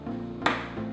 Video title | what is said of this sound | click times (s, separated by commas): Geoffrey's PC Build Guide - November 2015 | you'll hear a little click sound just to so you know it's fully in | 0.5 s